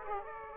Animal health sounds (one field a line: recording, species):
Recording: mosquito wingbeat signal from an infrared sensor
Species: Aedes aegypti